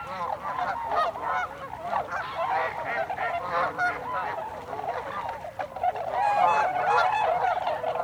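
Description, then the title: Tundra swans calling together, a busy stream of overlapping hooting notes, swelling louder toward the end. 26 December 2020. "2020-12-26-Tundra-Swans"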